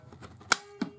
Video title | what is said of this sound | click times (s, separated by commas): Numatic Henry Cordless HVB160 Cylinder Vacuum Cleaner - Unboxing & First Look | and it clicks in to release it you press the red button and it pops out | 0.5 s